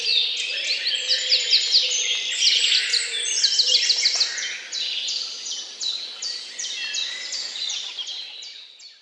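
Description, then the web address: Densely layered birdsong of rapid high chirps and trills, loudest in the first half, then thinning and fading toward the end. Morning birdsong. "utrennie pesni ptic"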